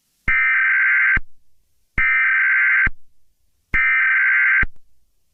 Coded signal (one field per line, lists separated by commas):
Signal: Emergency Alert System (SAME) tones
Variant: header bursts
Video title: [OLD] EAS Mock: The Louisville Tornado from Mayfield.